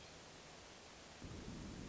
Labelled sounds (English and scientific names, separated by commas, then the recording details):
Hermit Thrush (Catharus guttatus)
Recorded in Sonoma County, California